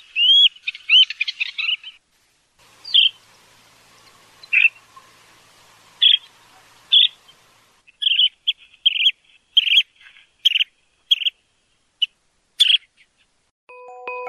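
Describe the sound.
Curlew Sandpiper calls: short high chirrups and trills, an opening burst followed by spaced single notes, then a rapid series of clipped chirps near the end.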